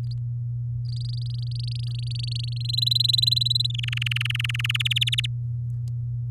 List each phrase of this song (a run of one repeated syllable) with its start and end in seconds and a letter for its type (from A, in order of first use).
0.85-2.62 A, 2.65-3.71 B, 3.74-4.77 C, 4.79-5.26 D